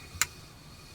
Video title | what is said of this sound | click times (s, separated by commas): Part 3 Magic Factory 1/48th Scale A-4 M Skyhawk | And then we're going to do offer this up, click in place | 0.2 s